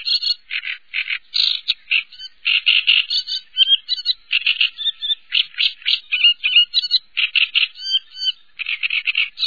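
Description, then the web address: Great reed warbler singing continuously, a rough chattering string of grating, croaky syllables and higher squeaks repeated several times per second. "chants et cris rousserolleturdoide"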